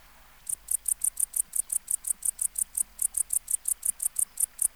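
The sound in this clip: Tettigonia hispanica bush-cricket song: high, dry buzzy chirps repeated steadily and rapidly after a brief quiet start, with no other clear sounds.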